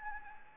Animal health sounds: mosquito wingbeat signal from an infrared sensor; Anopheles gambiae

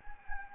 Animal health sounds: mosquito wingbeat signal from an infrared sensor; Anopheles gambiae

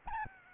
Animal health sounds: mosquito wingbeat signal from an infrared sensor; Aedes albopictus

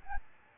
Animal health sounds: mosquito wingbeat signal from an infrared sensor; Aedes albopictus

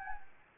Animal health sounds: mosquito wingbeat signal from an infrared sensor; Anopheles gambiae

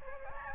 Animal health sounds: mosquito wingbeat signal from an infrared sensor; Aedes albopictus

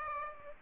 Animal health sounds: mosquito wingbeat signal from an infrared sensor; Aedes aegypti

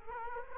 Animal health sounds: mosquito wingbeat signal from an infrared sensor; Culex quinquefasciatus

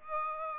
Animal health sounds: mosquito wingbeat signal from an infrared sensor; Aedes aegypti

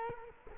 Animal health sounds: mosquito wingbeat signal from an infrared sensor; Culex quinquefasciatus

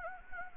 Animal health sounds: mosquito wingbeat signal from an infrared sensor; Anopheles gambiae

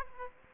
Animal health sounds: mosquito wingbeat signal from an infrared sensor; Aedes aegypti

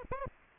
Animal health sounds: mosquito wingbeat signal from an infrared sensor; Aedes aegypti

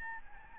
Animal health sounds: mosquito wingbeat signal from an infrared sensor; Aedes albopictus

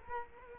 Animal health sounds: mosquito wingbeat signal from an infrared sensor; Culex quinquefasciatus

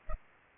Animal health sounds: mosquito wingbeat signal from an infrared sensor; Culex pipiens

